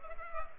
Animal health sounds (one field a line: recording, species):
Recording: mosquito wingbeat signal from an infrared sensor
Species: Culex pipiens